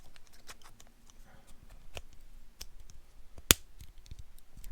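A plastic side piece of a Porsche key fob cover shell is pressed onto the fob body, with light clicks and taps of handling before it. A single sharp, loud snap at 3.5 s marks the side piece popping on and seating.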